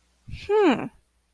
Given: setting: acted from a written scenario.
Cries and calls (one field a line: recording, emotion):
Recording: vocal sound without words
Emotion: interest